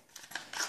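With the bolt locked back on a Beretta ARX 160 .22 LR pistol, the magazine is dropped out of the pistol's magazine well. Short metallic hits are heard at 0.2 s and 0.4 s, followed by a louder, broader burst of noise around 0.5–0.7 s. The magazine releases from the well.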